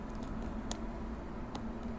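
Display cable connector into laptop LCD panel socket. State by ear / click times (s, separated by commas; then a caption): seated / 0.7 s, 1.5 s. The screen video cable connector on an ASUS Q502LA laptop is pushed into the socket on the back of a new LCD panel. Over a steady low background hum, two small sharp clicks sound at 0.7 s and 1.6 s, the second one quieter. The connector is seated.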